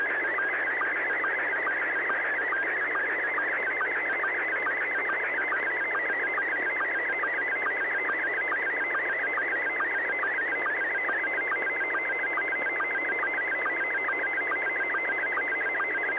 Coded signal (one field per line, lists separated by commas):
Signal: SSTV (slow-scan television)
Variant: Scottie 1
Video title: N6NA SSTV Net - 05/07/2025